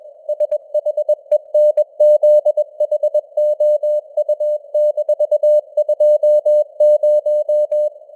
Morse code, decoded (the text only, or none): SHENZHOU-20